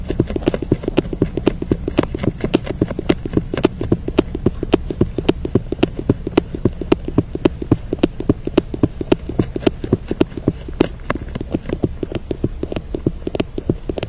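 Beaver activity: dense run of sharp clicking, crunching taps, several a second, through the whole stretch with low background hum.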